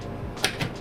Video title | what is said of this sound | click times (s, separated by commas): How To Build A Gaming PC And Cable Manage In 2021 | until you hear that click | 0.4 s